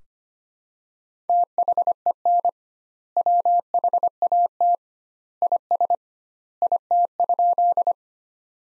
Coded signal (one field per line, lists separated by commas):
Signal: Morse code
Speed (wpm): 25 wpm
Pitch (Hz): 700 Hz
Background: none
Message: THEN WHAT IS IT?